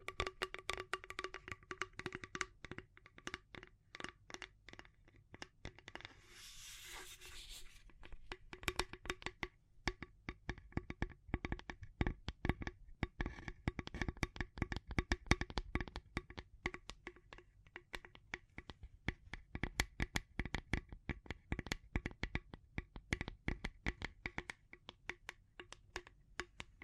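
Rapid tapping and scratching runs throughout, dense clusters of sharp clicks with a faint steady low tone beneath. Around six to eight seconds the taps thin out and a soft hissy rustle takes over briefly before the quick, irregular tapping resumes through the end.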